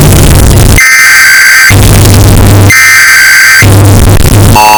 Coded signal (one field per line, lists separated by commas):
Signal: Emergency Alert System (SAME) tones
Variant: header bursts